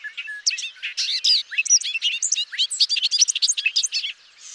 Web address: songs Bobolink